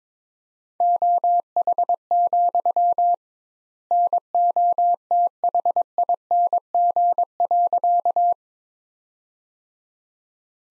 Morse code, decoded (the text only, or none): OH, NOTHING.